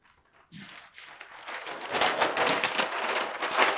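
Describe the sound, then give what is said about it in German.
A page of paper being turned, a dry crackling rustle that starts abruptly and grows louder and busier for a few seconds, with no voices. “Blättern wir um mal hier wieder.”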